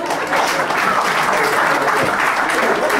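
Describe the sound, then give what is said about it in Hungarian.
An audience breaks into steady, dense applause for a young man in the audience, many hands clapping at once in a continuous loud patter that holds for about three seconds without pause. “Ő monogám, tapsoljuk meg.”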